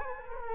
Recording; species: mosquito wingbeat signal from an infrared sensor; Culex quinquefasciatus